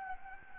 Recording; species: mosquito wingbeat signal from an infrared sensor; Anopheles gambiae